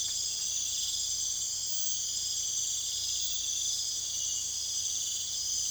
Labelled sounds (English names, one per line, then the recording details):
none
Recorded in secondary vegetation near Puerto Asís, Putumayo, Colombia, on 29 June 2025
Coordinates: 0.488, -76.319
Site G094